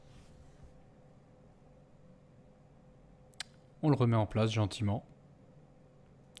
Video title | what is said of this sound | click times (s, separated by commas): review Teros by joyetech | va se clipser tout seul et c'est le tour est joué | 6.4 s